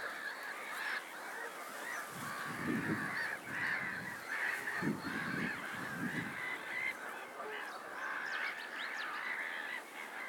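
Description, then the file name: Goose honks repeated over a steady, noisy background. Lake ambience. "Lake ambience noisey seagulls geese wind Lackford Lakes"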